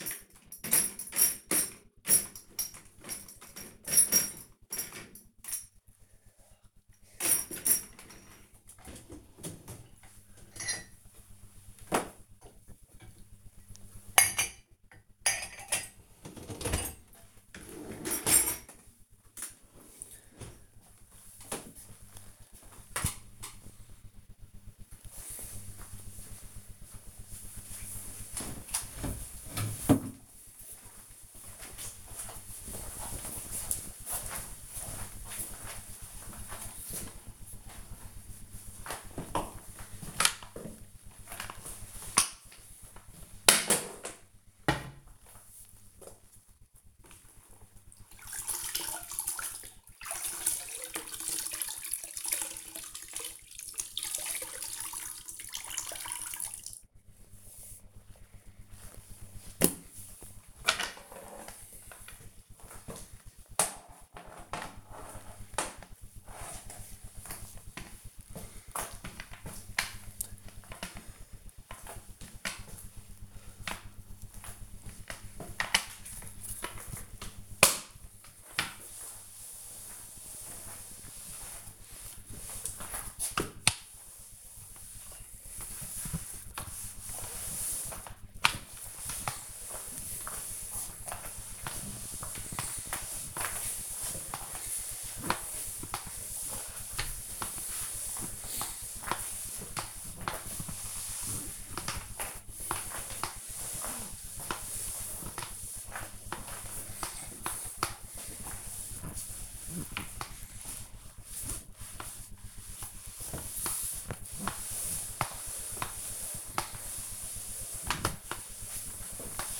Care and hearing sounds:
household activities, microphone on the right wrist
0.00-20.09 s: cleaning out the dishwasher
37.20-119.60 s: floor cleaning

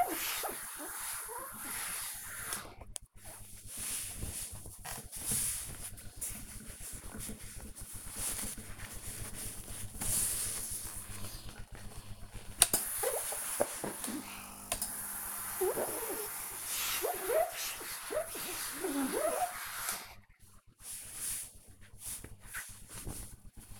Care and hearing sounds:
household activities, microphone on the right wrist
0.00-23.80 s: ironing laundry

